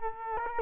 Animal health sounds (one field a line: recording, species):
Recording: mosquito wingbeat signal from an infrared sensor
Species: Culex quinquefasciatus